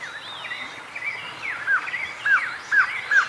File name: Canto do choca dagua